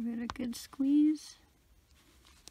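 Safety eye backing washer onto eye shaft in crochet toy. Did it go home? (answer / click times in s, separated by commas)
yes / 2.5 s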